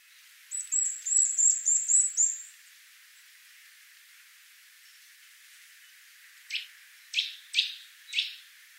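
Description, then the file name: Eurasian nuthatch giving a quick series of high, thin piping notes, followed after a pause by four separate sharper calls. "Sitta europaea"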